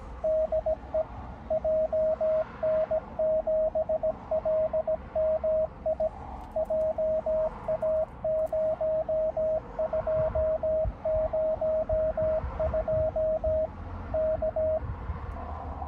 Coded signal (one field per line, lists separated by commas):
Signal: Morse code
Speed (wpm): 17 wpm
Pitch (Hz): 620 Hz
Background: radio noise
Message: DE JN7LMI JA0202 K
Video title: アマチュア無線 POTA 初日 JA0110蔵王国定公園 2日目 JA0202 みちのく湖畔公園